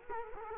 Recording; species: mosquito wingbeat signal from an infrared sensor; Culex quinquefasciatus